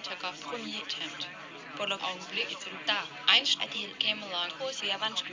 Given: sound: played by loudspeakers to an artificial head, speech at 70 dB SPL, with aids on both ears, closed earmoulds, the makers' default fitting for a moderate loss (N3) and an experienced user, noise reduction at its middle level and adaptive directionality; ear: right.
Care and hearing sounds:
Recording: speech test signal (ISTS) in cocktail-party noise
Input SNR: 0 dB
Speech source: on the right (90 degrees)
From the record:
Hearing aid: class 1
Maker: G

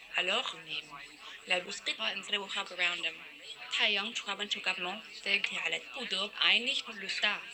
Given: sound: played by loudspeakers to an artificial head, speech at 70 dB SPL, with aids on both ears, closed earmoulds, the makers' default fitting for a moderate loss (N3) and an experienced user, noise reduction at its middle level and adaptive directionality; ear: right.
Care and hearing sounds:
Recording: speech test signal (ISTS) in cocktail-party noise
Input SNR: +6 dB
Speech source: in front (0 degrees)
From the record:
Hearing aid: class 1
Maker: I

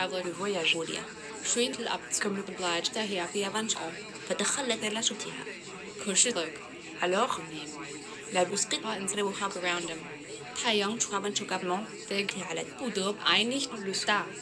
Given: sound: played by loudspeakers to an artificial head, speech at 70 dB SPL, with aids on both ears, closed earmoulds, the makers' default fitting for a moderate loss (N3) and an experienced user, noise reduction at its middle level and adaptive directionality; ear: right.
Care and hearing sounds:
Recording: speech test signal (ISTS) in cocktail-party noise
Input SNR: 0 dB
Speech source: in front (0 degrees)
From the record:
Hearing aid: class 2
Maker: E

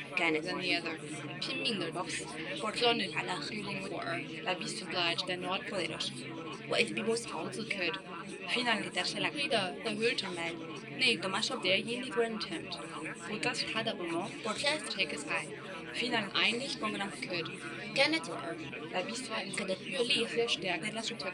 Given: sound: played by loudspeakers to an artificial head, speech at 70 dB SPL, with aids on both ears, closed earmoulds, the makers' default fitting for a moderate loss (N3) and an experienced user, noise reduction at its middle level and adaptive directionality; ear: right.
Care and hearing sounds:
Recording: speech test signal (ISTS) in cocktail-party noise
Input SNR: -3 dB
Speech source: on the right (90 degrees)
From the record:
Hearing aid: class 2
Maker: C

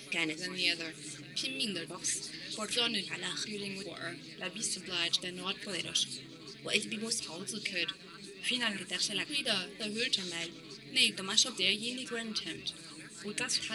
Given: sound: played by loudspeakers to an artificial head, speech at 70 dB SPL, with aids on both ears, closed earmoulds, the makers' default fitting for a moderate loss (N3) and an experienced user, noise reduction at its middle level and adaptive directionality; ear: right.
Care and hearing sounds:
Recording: speech test signal (ISTS) in cocktail-party noise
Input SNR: +3 dB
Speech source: on the right (90 degrees)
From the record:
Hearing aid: class 2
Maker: J

